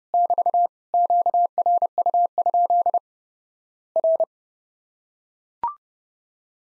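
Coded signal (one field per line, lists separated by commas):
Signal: Morse code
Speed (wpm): 30 wpm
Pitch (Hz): 700 Hz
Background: none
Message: <BT> QRU? R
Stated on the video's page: Worked All Europe DX CW contest QTC exchange practice at 30wpm, with random repeat requests; each exchange sent, spoken, then sent again.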